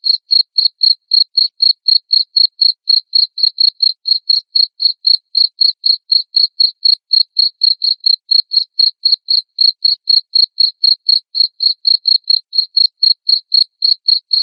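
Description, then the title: Cricket chirping steadily, shrill high notes repeated about four times each second without pause. Loud cricket chirping (ngerik) played to make lovebirds sing continuously (ngekek). "Suara JANGKRIK NGERIK Keras Bikin LOVEBIRD Jadi NGEKEK Terus Vubey"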